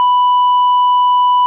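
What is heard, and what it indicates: A single unbroken electronic tone at about 1 kHz holds steady for about 1.5 seconds with no pauses or beeps. This is a simulated cardiac monitor flatline alarm, the continuous tone that signals no detected heart rhythm.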